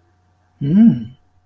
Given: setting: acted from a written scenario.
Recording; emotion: vocal sound without words; neutral